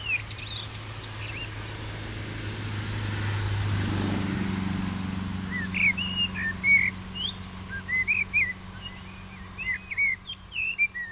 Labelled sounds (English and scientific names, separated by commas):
Common Blackbird (Turdus merula) song